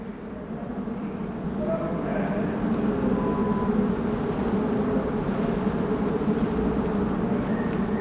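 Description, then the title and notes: Honey bees droning together in a thick, even buzz that swells slightly after the first seconds and then holds steady. Thousands of insects, mostly honey bees, in a fully flowering cherry tree at Sunday noon during the Corona lockdown, Schwartzkopffstraße, Berlin, Germany. "Schwartzkopffstraße 7c, 10115 Berlin, Germany - Kirschbaum mit Bienen und anderen Insekten. Ein Sonntagmittag während des Corona-Lockdowns, ein Kirschbaum in voller Blüte mit, offenbar, Tausenden Insekten, vor allem Honigbienen"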